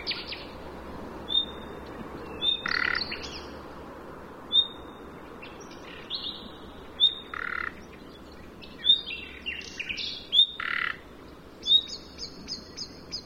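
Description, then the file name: Common nightingale repeating clear whistles mixed with rough croaking rattles and scratchy chattering notes, spaced irregularly. "Luscinia megarhynchos"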